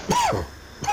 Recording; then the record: coughing mixed with background sound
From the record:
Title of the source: Dry Coughing Fit in the Afternoon.